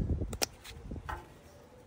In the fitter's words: And you should hear a click.